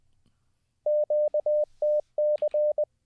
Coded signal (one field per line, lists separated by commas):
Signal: Morse code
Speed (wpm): 20 wpm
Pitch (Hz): 600 Hz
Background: none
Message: QTC